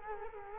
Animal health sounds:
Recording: mosquito wingbeat signal from an infrared sensor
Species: Culex quinquefasciatus

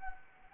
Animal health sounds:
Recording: mosquito wingbeat signal from an infrared sensor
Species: Anopheles arabiensis

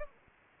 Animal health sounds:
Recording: mosquito wingbeat signal from an infrared sensor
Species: Anopheles gambiae

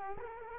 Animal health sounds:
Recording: mosquito wingbeat signal from an infrared sensor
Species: Culex quinquefasciatus

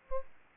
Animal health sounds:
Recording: mosquito wingbeat signal from an infrared sensor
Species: Aedes albopictus

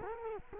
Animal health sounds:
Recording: mosquito wingbeat signal from an infrared sensor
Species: Culex quinquefasciatus

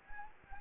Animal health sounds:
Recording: mosquito wingbeat signal from an infrared sensor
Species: Anopheles gambiae

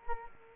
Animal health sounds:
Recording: mosquito wingbeat signal from an infrared sensor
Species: Culex quinquefasciatus

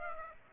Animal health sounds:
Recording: mosquito wingbeat signal from an infrared sensor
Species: Aedes aegypti

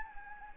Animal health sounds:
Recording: mosquito wingbeat signal from an infrared sensor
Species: Anopheles gambiae

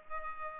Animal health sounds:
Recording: mosquito wingbeat signal from an infrared sensor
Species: Culex pipiens

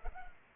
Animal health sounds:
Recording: mosquito wingbeat signal from an infrared sensor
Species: Culex pipiens

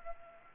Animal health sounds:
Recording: mosquito wingbeat signal from an infrared sensor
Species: Anopheles gambiae

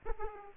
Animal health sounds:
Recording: mosquito wingbeat signal from an infrared sensor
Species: Aedes aegypti

